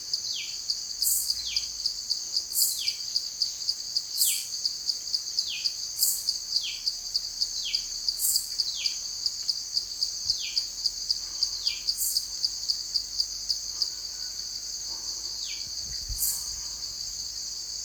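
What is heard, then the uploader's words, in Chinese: Forest at night in northern Thailand: a dense, steady high insect trill, with brighter chirping calls repeating about every second or two. 泰国南奔湄博森林综合体。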